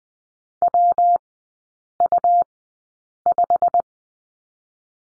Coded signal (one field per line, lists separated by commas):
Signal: Morse code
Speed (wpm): 20 wpm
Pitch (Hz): 700 Hz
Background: none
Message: WU5